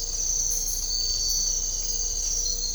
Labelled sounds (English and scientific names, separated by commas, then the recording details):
none
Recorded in dense forest near Puerto Asís, Putumayo, Colombia, on 22 December 2024 at 03:30
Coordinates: 0.500, -76.322
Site G053